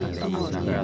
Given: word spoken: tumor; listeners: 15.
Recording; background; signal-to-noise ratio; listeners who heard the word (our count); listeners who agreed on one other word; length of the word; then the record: one Spanish word in noise, from a listening test; eight-talker babble; -3.9 dB; 0 of 15; 6 of 15; 0.44 s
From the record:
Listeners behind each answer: 6, 1, 1, 1, 1, 1, 1, 1, 1, 1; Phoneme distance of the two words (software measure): 17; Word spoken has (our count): 2 syllables, 5 phonemes, stress on syllable 2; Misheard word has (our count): 2 syllables, 4 phonemes, stress on syllable 2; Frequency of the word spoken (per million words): 8.61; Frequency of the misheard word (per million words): 207.72